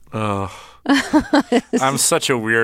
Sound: soundbite of laughter

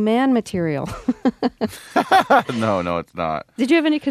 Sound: soundbite of laughter

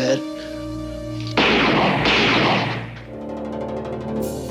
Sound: soundbite of gunshots

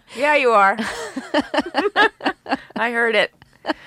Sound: laughter

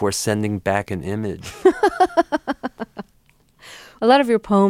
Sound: laughs

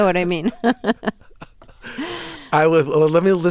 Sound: soundbite of laughter

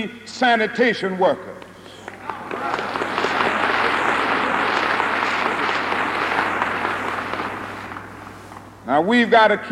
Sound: soundbite of crowd clapping

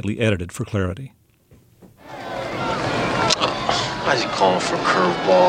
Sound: soundbite of crowd shouting

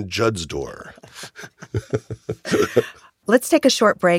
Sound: laughter

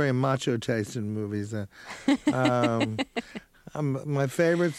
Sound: laughter

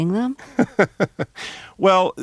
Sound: laughter

